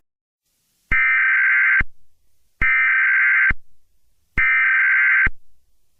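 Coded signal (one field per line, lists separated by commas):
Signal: Emergency Alert System (SAME) tones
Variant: header bursts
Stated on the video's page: Mock EAS alert, fictional.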